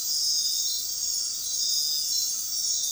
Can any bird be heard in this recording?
no